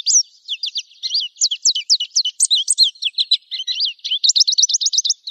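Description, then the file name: American goldfinch song, a continuous sweet twittering of rapid high notes, slurred chips and short trills running without a break. "suara american goldfinch omkicau"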